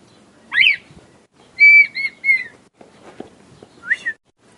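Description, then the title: Red-winged tinamou song: a sharp rising whistle, then three whistled notes in quick series, and another whistle after a pause, over soft background rustle. Male singing to the female. "Perdiz Cantando. Perdiz Macho Cantando Para A Fêmea"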